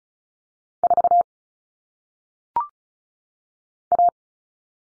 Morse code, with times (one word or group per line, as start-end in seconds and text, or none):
0.8-1.2 4
3.9-4.1 A